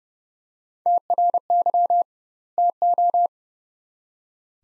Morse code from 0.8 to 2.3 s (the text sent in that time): TRY